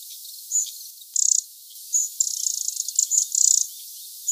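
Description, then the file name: Eurasian wren calls: short buzzy rattles and brief high notes in quick, uneven succession, the longer churring bursts lasting a fraction of a second each. "Troglodytes troglodytes"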